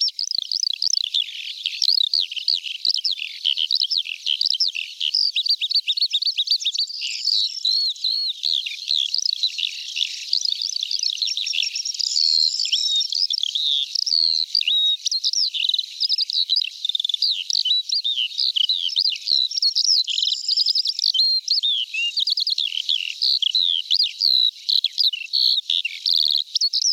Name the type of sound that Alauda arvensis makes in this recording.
song